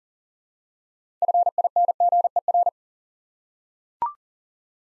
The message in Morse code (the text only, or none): FINGER